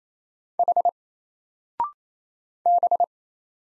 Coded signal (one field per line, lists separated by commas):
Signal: Morse code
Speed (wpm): 27 wpm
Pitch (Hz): 700 Hz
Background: none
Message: H B